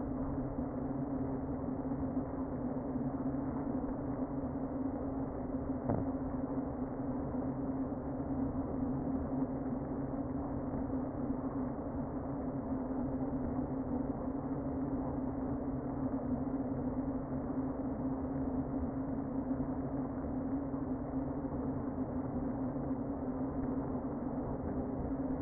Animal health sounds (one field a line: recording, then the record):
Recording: honeybee colony, microphone inside the hive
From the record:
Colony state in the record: queen present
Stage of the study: before two queens were removed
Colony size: about 60,000 bees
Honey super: yes